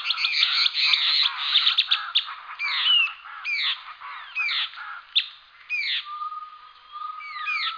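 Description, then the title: A songbird opens with a dense burst of chattering notes, followed by spaced slurred whistles and one long, level whistle. "LuckyPassaro Completos2Sama"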